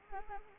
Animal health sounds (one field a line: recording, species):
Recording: mosquito wingbeat signal from an infrared sensor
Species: Anopheles arabiensis